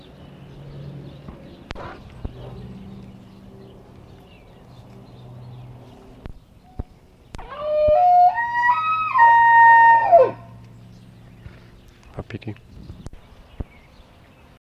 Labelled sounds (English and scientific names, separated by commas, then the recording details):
Wapiti (Cervus canadensis) rut call
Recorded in captivity
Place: Tierpark Berlin, Berlin, DE
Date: 1965-10-09 14:00
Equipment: Telefunken Magnetophon 300, Sennheiser MD 421, Transistorverstärker 2
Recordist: Tembrock, Günter